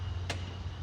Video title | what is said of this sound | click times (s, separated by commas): 2019 Hyundai Santa Fe Ultimate Review - Park Mazda | And you just wait for the click, | 0.3 s